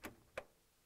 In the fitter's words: oh and as i pushed it in it snapped right into place perfect so